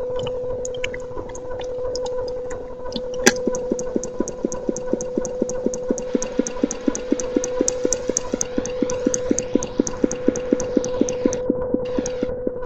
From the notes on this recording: Making sounds with my mouth